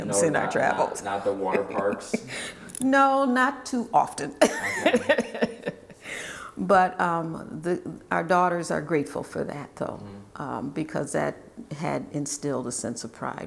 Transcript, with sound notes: Not the water parks?
No, not too often. [LAUGHTER] But our daughters are grateful for that though because that had instilled a sense of pride.